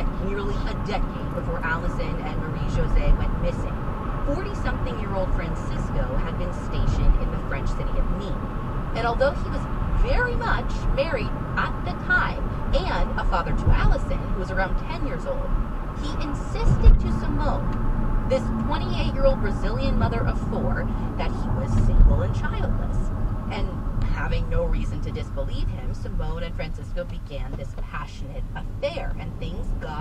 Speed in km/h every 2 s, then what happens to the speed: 55, 60, 61, 61, 61, 56, 55, 52, 50, 47, 42, 39, 27, 16, 13.
0-4 speeds up to 61. 8-26 slows to 16.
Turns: none.